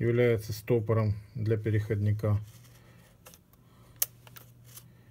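Someone talks, then a lens mount adapter is released with the mount lock, turned clockwise and carefully pulled out of the camera bayonet mount, with a few faint handling ticks. A loud, sharp click sounds at 4.0 s during removal, and the adapter comes free, unlocked and removed from the mount.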